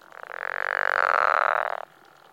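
Pickerel frog making a single rough snore-like croak that grows louder over nearly two seconds before cutting off.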